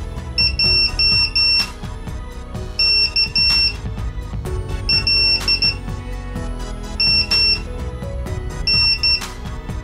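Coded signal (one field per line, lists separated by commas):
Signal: Morse code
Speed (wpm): 12 wpm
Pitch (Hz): 2700 Hz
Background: music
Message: J K L M N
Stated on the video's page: Morse sent by an Arduino transmitter over an nRF24L01 wireless module, a beginner project built with Visuino.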